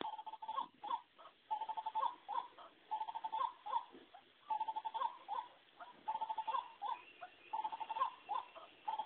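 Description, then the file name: White-breasted waterhen calling, repeated nasal croaks in short rhythmic bursts throughout. "Amaurornis Phoenicurus Call"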